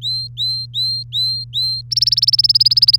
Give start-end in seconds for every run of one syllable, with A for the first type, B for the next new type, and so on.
0.00-1.81 A, 1.91-2.98 B